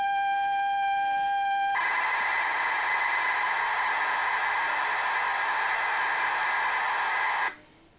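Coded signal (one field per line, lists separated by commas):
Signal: ZX Spectrum tape loading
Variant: Sinclair ZX Spectrum +3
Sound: steady buzzy lead tone for about 1.7 seconds, then harsh dense data screech, stopping abruptly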